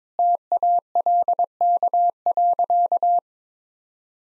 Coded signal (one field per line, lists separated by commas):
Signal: Morse code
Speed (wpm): 22 wpm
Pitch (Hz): 700 Hz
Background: none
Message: TALK.